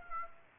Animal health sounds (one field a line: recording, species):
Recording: mosquito wingbeat signal from an infrared sensor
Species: Aedes aegypti